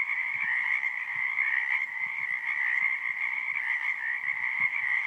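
Dense cricket chorus, a steady, unbroken trill that never pauses, with soft low clicks scattered below.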